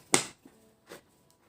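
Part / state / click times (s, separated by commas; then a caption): plastic stitching hoop/frame piece into its outer ring/frame / seated / 0.1 s. A plastic stitching hoop frame piece is snapped back into its outer ring over the fabric after its screw is tightened, so it seats better than it did when loose. One sharp, loud snap at 0.1 s is followed by a softer knock near 0.9 s and a faint tick at 1.3 s. The frame seats with that snap.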